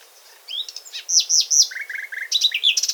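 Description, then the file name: Common nightingale in full song, a dense mix of slurred downward whistles, sharp high chips and a run of low, evenly repeated notes. "Luscinia megarhynchos"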